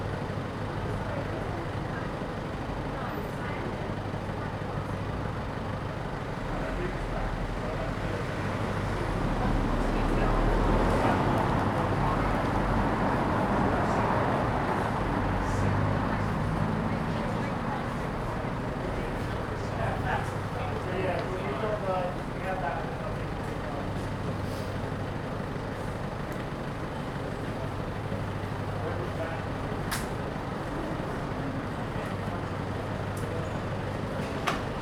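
On a narrow street outside a small bar, a steady low rumble of traffic fills the scene, swelling between about 10 and 15 seconds as a heavy vehicle passes. Voices of passers-by murmur throughout, with a few sharp clicks and knocks near the end.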